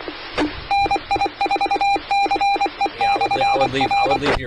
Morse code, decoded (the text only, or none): NI4CE/R